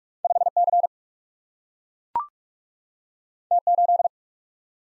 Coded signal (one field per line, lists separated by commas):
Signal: Morse code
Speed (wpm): 44 wpm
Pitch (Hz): 700 Hz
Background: none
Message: 5C T8